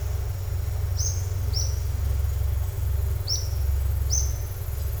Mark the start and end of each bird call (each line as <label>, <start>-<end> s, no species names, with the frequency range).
bird call (3.8-7.2 kHz), 0.88-1.70 s
bird call (4.0-7.0 kHz), 3.20-4.27 s